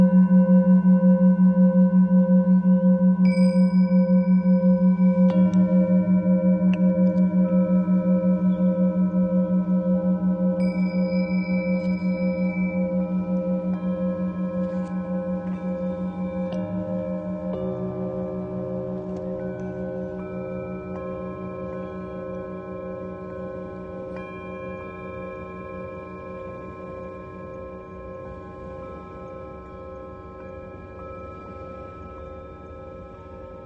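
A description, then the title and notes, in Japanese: A singing bowl rings with a long, humming low tone and a few brighter overtones that hold steady. Fresh strikes around 5, 10 and 17 seconds add new ringing layers, and the sound slowly fades across the half minute. メキシコ-カンクンより サンライズサウンドヒーリングの中継ライブをしました。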